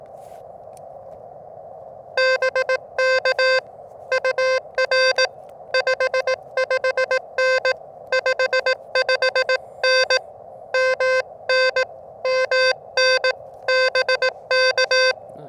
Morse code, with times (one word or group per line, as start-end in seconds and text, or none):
2.2-3.6 BK
4.1-5.3 UR
5.7-7.7 55N
8.1-10.2 55N
10.7-11.8 MN
12.2-13.3 MN
13.7-15.1 BK